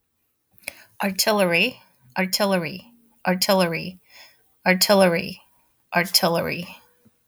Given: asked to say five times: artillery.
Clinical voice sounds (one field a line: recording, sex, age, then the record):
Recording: repeated word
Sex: female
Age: 40 to 49 years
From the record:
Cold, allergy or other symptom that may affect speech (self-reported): no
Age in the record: 46 years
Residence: United States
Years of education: 16